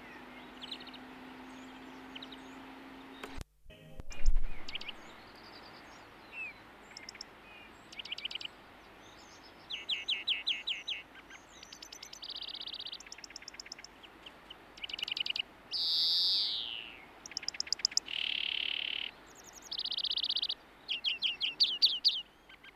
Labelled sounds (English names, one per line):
European Greenfinch song